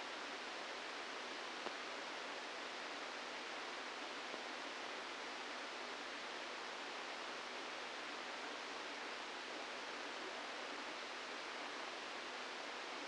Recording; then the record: brain microelectrode recording played as sound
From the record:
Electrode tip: outside the subthalamic nucleus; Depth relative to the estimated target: 2 mm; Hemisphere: left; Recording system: NeuroSet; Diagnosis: Parkinson's disease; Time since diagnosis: 17 years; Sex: male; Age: 64 years